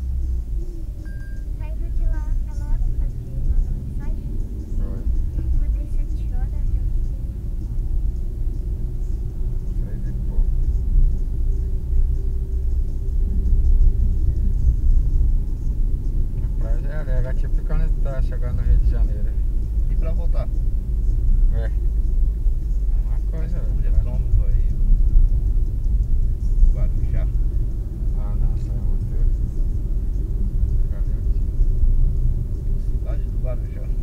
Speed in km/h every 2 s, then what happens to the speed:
17, 23, 33, 33, 35, 37, 39, 42, 45, 45, 41, 33, 41, 41, 42, 39, 39.
0-16 speeds up to 45. 16-22 slows to 33. 22-34 steady at about 39.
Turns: none.